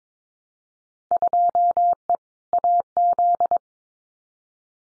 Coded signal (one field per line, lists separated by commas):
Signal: Morse code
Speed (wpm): 22 wpm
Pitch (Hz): 700 Hz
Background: none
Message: 2E AZ